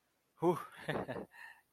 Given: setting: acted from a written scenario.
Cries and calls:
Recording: vocal sound without words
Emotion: pride

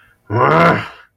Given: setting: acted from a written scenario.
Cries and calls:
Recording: vocal sound without words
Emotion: anger

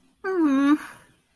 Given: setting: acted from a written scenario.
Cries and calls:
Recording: vocal sound without words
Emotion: disappointment

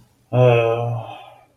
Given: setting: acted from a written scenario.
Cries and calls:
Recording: vocal sound without words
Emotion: guilt

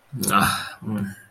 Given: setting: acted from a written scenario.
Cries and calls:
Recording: vocal sound without words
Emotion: embarrassment

